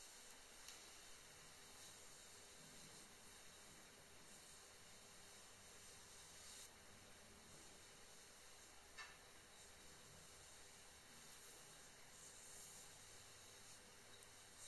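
Makeup brushes stroke lightly over hair, giving soft, airy swishes that blend into a steady hiss throughout. The brushing brightens briefly around six seconds and again near twelve to thirteen seconds, with a faint tap close to nine seconds and a low, constant hum beneath.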